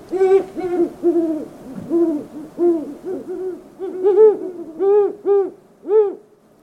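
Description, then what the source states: Great horned owls hooting: a long series of deep hoots from two birds, one slightly lower than the other. Male and female calling; the female flies in to join the calling male; the male's hoots are lower in pitch than the female's.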